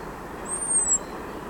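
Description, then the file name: European robin producing a single very high, thin, slightly arched whistle about half a second long over low constant background noise. "Erithacus rubecula"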